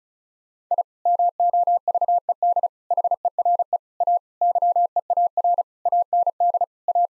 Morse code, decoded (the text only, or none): I MOVED HERE A YEAR AND A